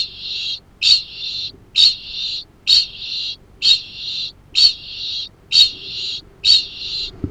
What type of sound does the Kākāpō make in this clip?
ching call